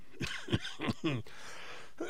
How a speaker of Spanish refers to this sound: Ay, Dios mío, qué toses más tontas por cantar las canciones a tope, a todo trapo.